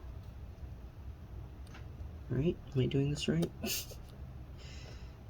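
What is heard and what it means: The top hooks of a plastic keycap are being lined up in the scissor mechanism of a Dell Inspiron 15 Gaming 7577 laptop keyboard, during a cleanup and repair of sticky, stuck keys after a spill. Over a low steady hiss there is a faint light tick at about 1.7 s, then someone talks from about 2.3 to 4 s. The keycap has not been pressed down and nothing has clicked into place yet.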